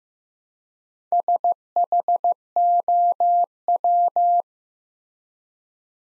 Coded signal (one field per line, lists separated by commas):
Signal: Morse code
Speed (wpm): 15 wpm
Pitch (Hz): 700 Hz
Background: none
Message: SHOW